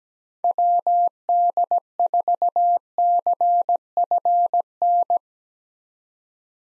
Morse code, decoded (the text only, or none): WD4CFN